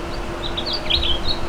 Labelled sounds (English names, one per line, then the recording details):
House Finch song
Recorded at Merrick on Long Island, New York, on 17 May 2013
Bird B